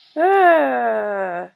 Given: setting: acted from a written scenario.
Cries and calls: vocal sound without words; embarrassment

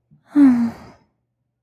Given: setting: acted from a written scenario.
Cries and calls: vocal sound without words; desire

